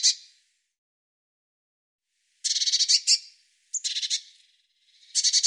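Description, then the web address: Bird song in short, rasping, pulsed phrases: a fading tail at the start, then three buzzy bursts in quick succession, with a clean silent background. "cianscape birddata Deverinetal 2025 Bird Cy Ca"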